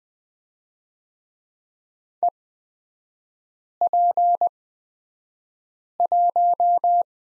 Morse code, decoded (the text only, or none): EP1